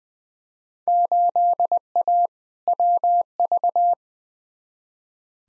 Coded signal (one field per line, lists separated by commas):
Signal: Morse code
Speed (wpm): 20 wpm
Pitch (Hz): 700 Hz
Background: none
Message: 8A WV